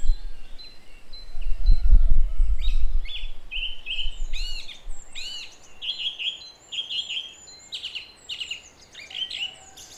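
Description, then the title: Song thrush singing loud varied phrases with short notes repeated in quick series, and low rumbling noise early on. Recorded at 06h at Durenne. "Zanglijster 06h Durenne"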